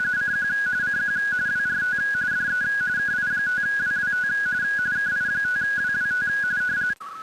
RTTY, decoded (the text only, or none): CQ CQ WRT DE KI5WWT KI5WWT